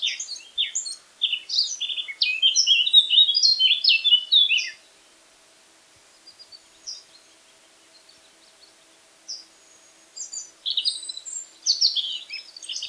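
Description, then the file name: Eurasian blackcap song: a lively, jumbled warble of quick high notes, a quiet gap with faint twitters, then the warbling resumes toward the end. "Sylvia atricapilla"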